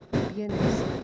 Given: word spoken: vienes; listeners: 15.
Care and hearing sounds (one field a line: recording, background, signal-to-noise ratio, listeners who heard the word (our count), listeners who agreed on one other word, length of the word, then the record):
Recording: one Spanish word in noise, from a listening test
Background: noise modulated by one talker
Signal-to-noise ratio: -8.3 dB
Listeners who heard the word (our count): 0 of 15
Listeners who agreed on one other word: 12 of 15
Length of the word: 0.64 s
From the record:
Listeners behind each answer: 12, 1, 1, 1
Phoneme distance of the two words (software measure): 24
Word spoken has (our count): 2 syllables, 6 phonemes, stress on syllable 1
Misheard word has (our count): 2 syllables, 6 phonemes, stress on syllable 1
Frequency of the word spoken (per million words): 5.74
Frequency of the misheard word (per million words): 69.63